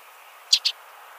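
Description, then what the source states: Sedge wren giving two quick, dry chipping notes in rapid succession against a soft background hiss. Recorded in San Mateo.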